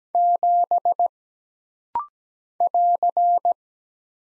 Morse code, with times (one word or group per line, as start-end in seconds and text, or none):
0.1-1.1 7
2.6-3.5 <AR>